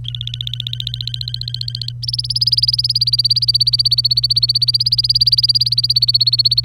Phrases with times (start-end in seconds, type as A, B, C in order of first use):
0.04-1.92 A, 2.03-6.64 B